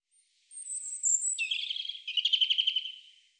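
European robin song: a high thin opening note, then a warbling phrase of rapid trilled notes between mid and very high pitch, lasting about three seconds over silence.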